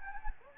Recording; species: mosquito wingbeat signal from an infrared sensor; Anopheles gambiae